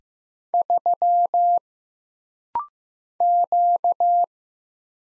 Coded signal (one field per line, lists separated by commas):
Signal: Morse code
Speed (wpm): 15 wpm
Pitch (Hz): 700 Hz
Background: none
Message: 3 Q